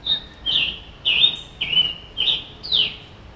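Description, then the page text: Scarlet tanager singing a burry, slurred phrase of six hoarse notes that alternate between higher and lower pitches, each note roughly half a second apart. Recorded in Maryland, United States. "Scarlet Tanager by David via iNaturalist"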